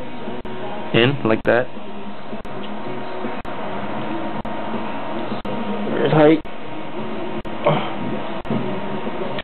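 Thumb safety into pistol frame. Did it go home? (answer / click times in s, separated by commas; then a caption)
no / none. The thumb safety and its pin are handled and pushed toward place on a replica 1911 metal frame while someone talks over a steady background hum broken by brief dropouts. Nothing has seated or clicked yet.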